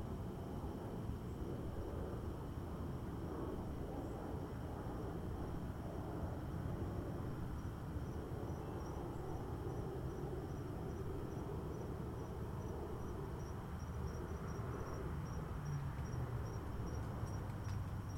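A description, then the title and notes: A golf course in Palm Harbor, Florida, carries a steady low rumble of traffic or engines, with thin insect tones ringing high throughout. Golf Course, Palm Harbor FL.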